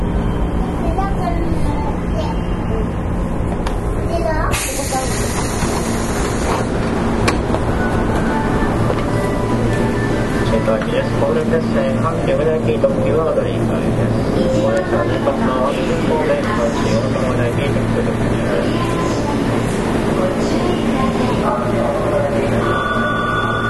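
A train ride between Maiko Park and Kobe Sannomiya, with a steady, heavy low rumble and humming motor tones that rise and fall throughout. Voices come through over the noise, and a brief hissing burst breaks in around five seconds.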